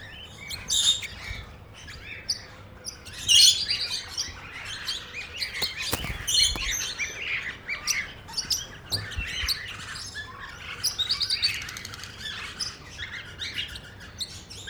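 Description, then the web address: Parrots chattering constantly, many overlapping chirps, squawks and screeches from a flock, with a few low thumps. Parrots at Nyíregyháza Zoo, recorded in 2010 on the green pyramid. "allathangok nyiregyhazizoo 2010 standardt madarak papagajokazoldpiramistetejen"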